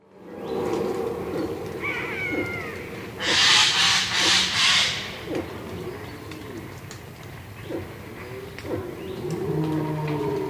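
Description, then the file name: Eurasian jay giving a harsh, rasping screech broken into several quick pulses, with low background hum and faint tonal sounds around it. "Garrulus glandarius"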